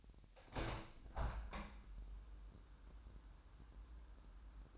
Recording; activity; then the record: daily activity, microphone in the room; open window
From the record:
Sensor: 2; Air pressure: 998.5 hPa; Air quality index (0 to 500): 127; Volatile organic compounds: 3 ppm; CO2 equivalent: 1437 ppm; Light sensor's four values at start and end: 6/14/6/6 and 6/15/6/7